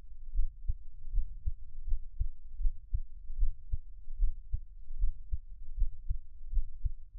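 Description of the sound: An adult's own heartbeat heard up close, with no talking.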